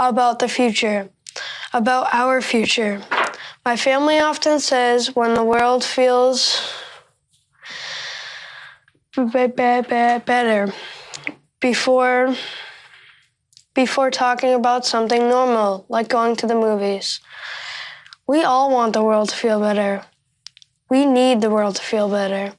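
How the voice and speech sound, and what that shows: A 13-year-old boy who stutters gives a public speech. His voice is clear and fairly high. A long pause is followed by a repeated "b" sound at the start of "better". "Before" is then restarted after a pause. The rest of the speech flows in short phrases separated by pauses.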